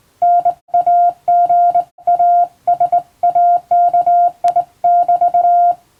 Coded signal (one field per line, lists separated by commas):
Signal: Morse code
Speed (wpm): 20 wpm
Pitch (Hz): 700 Hz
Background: none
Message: NAGASAKI<BT>